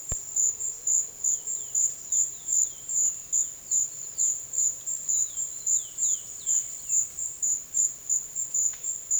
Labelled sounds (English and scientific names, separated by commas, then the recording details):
Chestnut-bellied Seed Finch (Sporophila angolensis)
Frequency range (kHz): Chestnut-bellied Seed Finch (Sporophila angolensis) 2.2-5.1 kHz
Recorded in secondary vegetation near Puerto Asís, Putumayo, Colombia, on 22 June 2025
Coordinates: 0.488, -76.319
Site G094